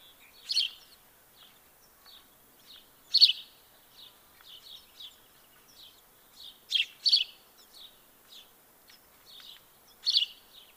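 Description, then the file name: House sparrow chirps in scattered bursts, some loud doubled notes among quieter chirps. "Passer domesticus"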